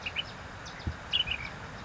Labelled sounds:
Ash-throated Flycatcher
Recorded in Sonoma County, California

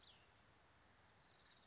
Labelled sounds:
Cassin's Vireo
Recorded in Sonoma County, California

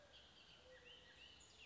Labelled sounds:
Bullock's Oriole
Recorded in Sonoma County, California

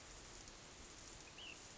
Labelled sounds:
Ash-throated Flycatcher
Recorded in Sonoma County, California

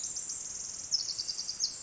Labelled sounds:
Pacific Wren
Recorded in Sonoma County, California

